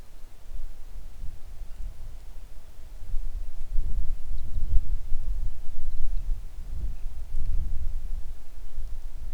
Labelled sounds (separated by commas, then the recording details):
songbird, wind
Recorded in the Arctic National Wildlife Refuge, Alaska, on 3 August 2019 at 10:31
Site 41